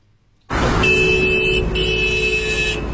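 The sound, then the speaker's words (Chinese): Steady traffic noise with a car horn blaring in two long, sustained honks from a black Hyundai sedan passing through the Huangzhuang intersection beside Haidian Hospital in Haidian District, Beijing, shortly after 3 pm. The first honk lasts about a second, the second slightly longer after a brief gap, loud and tonal over the rumble. “下午3点多，一辆尾号为 R08 的黑色现代轿车一边鸣笛一边通过了海淀区海淀医院旁的黄庄路口，车辆的车牌信息立刻被显示在了路口旁的 LED 显示屏上。”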